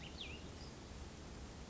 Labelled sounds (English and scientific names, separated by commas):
Cassin's Vireo (Vireo cassinii)